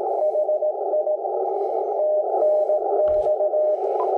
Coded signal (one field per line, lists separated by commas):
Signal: Morse code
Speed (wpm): 18 wpm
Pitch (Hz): 620 Hz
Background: none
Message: HI TNX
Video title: How To Setup A HF Ham Radio| First wire to Power On